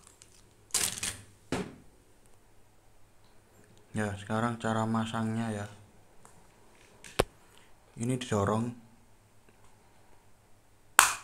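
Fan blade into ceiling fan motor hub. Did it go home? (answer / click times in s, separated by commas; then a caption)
yes / 11.0 s. Someone talks while pushing one of five blades of a Yundai CF 5601 ceiling fan into the mounting on the fan motor hub, with a few faint handling taps along the way. At 11.0 s a single loud, sharp snap is heard as the blade locks into the hub, seated and ready to use.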